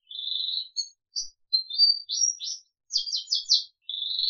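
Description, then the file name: Crested canary song: high sweet warbled notes and short buzzy trills in quick varied phrases, with brief pauses between bursts. "audio kenari jambul"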